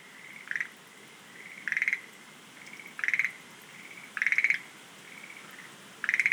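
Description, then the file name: Schlegel's green tree frog giving several pulsed rattling croaks, each preceded by a faint drawn-out tone. "rodolphe alexis - rhacophorus schlegelii"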